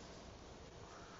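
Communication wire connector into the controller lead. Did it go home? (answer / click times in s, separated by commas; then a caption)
no / none. The gray communication wire connector from a 750-gallon GPS sprayer is being handled toward the controller's communication lead, with only steady broadband noise and a brief dip near 0.7 s. Nothing has seated or clicked yet.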